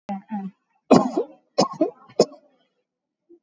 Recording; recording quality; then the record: shallow voluntary cough; excellent, no background noise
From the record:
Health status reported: COVID-19 positive, no symptoms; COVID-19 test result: positive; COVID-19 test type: RT-PCR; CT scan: taken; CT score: 4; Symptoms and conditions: fever, diabetes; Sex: male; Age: 51 years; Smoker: no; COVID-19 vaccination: both doses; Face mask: worn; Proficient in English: yes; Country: India